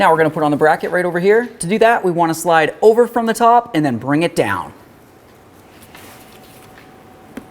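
Someone talks while the valve bracket of a vapor canister purge solenoid valve is fitted onto its vehicle mount on a 2006-12 Ford Fusion, slid over from the top and brought down. After the talking stops, there is quiet handling noise with a brief rustle near 6.0 s and a sharp tick at 7.4 s. The bracket is still being handled and nothing has seated or locked yet.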